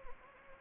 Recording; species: mosquito wingbeat signal from an infrared sensor; Anopheles gambiae